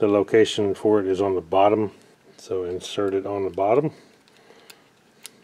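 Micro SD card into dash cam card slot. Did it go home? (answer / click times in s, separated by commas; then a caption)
yes / 5.3 s. A micro SD card is pushed into the card slot on the bottom of a Mio MiVue 798 dual dash cam while someone talks. After the talking stops, faint ticks of handling come at about 4.3 and 4.7 s. A sharp click at 5.3 s marks the card latching into place, seated.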